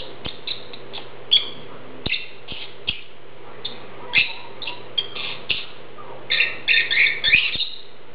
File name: Prostaya fauna Golosa ptic - Nerazluchniki lat Agapornis (Zvyki com)